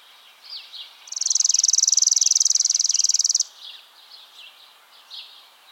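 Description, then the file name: Chipping sparrow giving one sustained, rapid trill of dry notes for just over two seconds, with soft twittering from other birds before and after. "Spizella passerina - Chipping Sparrow"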